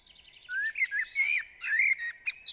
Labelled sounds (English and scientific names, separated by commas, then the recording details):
Common Blackbird (Turdus merula)
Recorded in Germany
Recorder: ecoPi